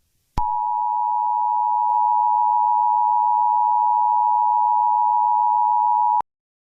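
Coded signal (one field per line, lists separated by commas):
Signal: Emergency Alert System (SAME) tones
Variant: 853 and 960 Hz attention tone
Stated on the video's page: Fictional Thanksgiving EAS scenario, not a real alert.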